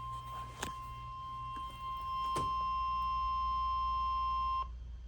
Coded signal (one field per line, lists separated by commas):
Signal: Emergency Alert System (SAME) tones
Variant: 1050 Hz attention tone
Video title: New Apartment + 12-250 Glitch | EAS Alerts from 3/23/25